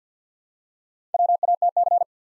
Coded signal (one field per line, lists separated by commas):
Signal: Morse code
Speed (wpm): 48 wpm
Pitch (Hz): 700 Hz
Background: none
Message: WATC